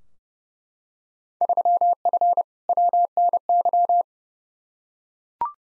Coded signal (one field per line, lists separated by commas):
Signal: Morse code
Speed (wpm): 32 wpm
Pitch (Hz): 700 Hz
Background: none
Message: 3F WNY